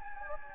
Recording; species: mosquito wingbeat signal from an infrared sensor; Anopheles gambiae